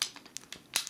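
The bottom half of a plastic toy is pushed onto its pegs and seats with a sharp click at 0.0 s. Several lighter plastic ticks and taps follow, with a louder snap near 0.8 s. No one talks.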